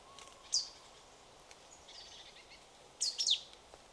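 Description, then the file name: Marsh tit giving a single thin high note, then a quick run of three sharp high notes near the end, with faint background hiss. "Poecile palustris"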